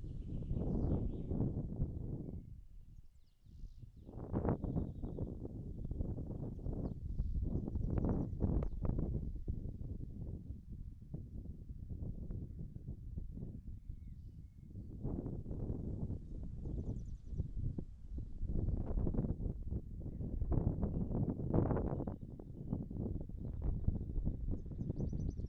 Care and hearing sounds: everyday scene through a hearing-aid microphone; wind on the microphone; wind, birds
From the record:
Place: in front of a rural house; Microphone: behind the ear, right, front

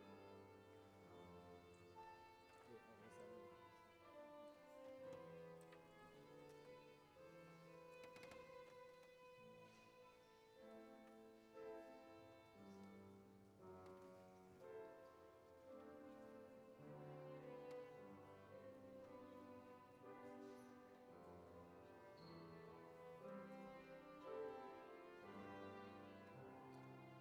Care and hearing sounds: everyday scene through a hearing-aid microphone; reverberant space; music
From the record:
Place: church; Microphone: behind the ear, right, rear

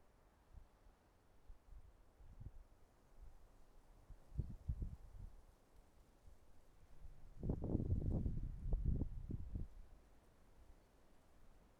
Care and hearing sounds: everyday scene through a hearing-aid microphone; wind on the microphone; wind, traffic, birds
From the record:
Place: suburban garden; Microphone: behind the ear, right, front

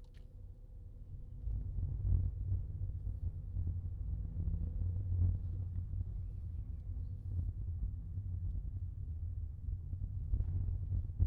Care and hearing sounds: everyday scene through a hearing-aid microphone; in a vehicle; engine, rumble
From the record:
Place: Skoda Fabia, gasoline engine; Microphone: in the ear canal, left

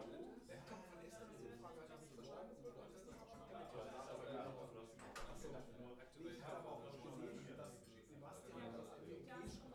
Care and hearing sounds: everyday scene through a hearing-aid microphone; many people talking; many voices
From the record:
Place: bistro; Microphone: behind the ear, left, rear

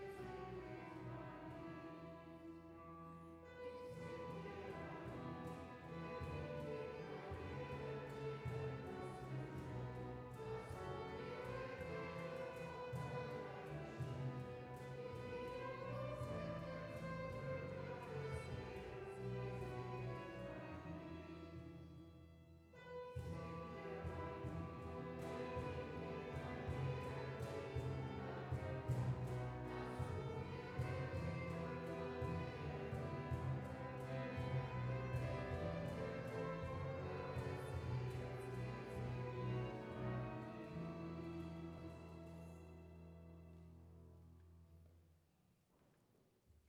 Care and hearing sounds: everyday scene through a hearing-aid microphone; reverberant space; music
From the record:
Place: church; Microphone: behind the ear, left, rear

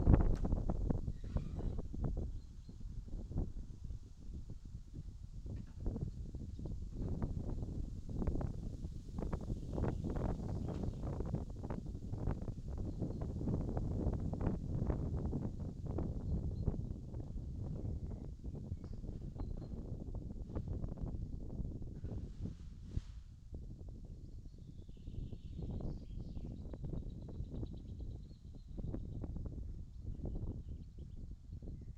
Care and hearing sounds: everyday scene through a hearing-aid microphone; wind on the microphone; wind, other noises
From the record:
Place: in front of a rural house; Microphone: in the ear canal, left

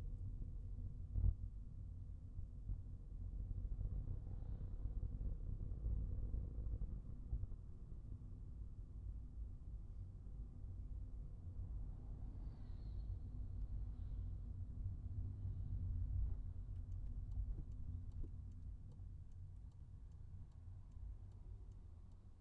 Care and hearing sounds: everyday scene through a hearing-aid microphone; in a vehicle; engine, traffic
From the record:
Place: Skoda Fabia, gasoline engine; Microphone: behind the ear, right, front

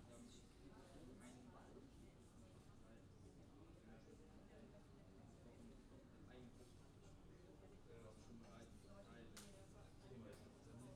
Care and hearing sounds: everyday scene through a hearing-aid microphone; many people talking; many voices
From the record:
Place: university cafeteria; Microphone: in the ear canal, left

